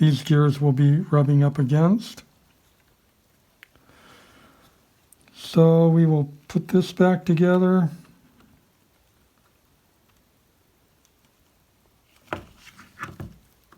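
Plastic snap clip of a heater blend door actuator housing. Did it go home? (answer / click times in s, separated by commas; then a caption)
no / none. Someone talks while reassembling the plastic housing of a heater blend door servo actuator from a Camry Solara, pressing the housing halves together toward a plastic snap clip. Faint ticks and light handling noises come around 3.6–5.3 s, with a few sharper plastic taps near 12.3–13.7 s. The clip has not snapped in yet, and nothing has seated.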